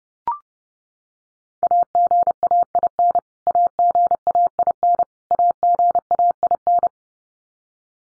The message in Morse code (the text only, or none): AGAIN AGAIN AGAIN